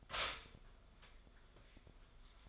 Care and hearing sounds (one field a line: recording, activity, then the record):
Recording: daily activity, microphone in the room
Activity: stop toaster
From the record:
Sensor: 5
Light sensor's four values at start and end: 13/31/12/11 and 13/31/12/11